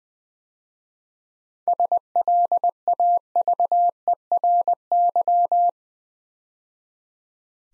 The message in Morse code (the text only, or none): SLAVERY